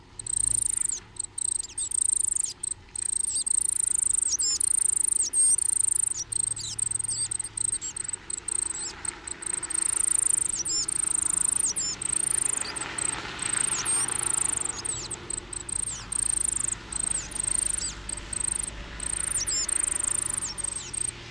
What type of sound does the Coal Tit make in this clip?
song